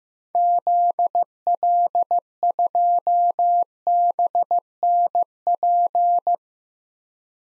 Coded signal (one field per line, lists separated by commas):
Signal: Morse code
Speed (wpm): 15 wpm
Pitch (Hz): 700 Hz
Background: none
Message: ZL2BNP